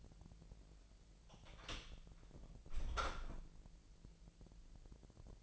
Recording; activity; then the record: daily activity, microphone in the room; close door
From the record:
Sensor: 5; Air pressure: 1001.5 hPa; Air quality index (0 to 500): 249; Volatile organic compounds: 34 ppm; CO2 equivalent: 3045 ppm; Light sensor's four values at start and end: 37/86/34/33 and 36/83/33/31